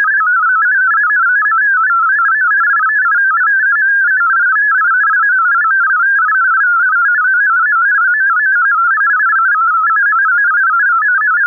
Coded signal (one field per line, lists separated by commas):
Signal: multi-tone FSK (Olivia or MFSK type)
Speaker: data today is FL DG auto-switching the data for now is in FLD